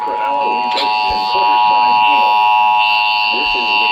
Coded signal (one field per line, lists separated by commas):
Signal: Emergency Alert System (SAME) tones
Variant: 853 and 960 Hz attention tone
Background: speech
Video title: YOU ALREADY KNOW WHAT THIS ALERT IS... EAS#18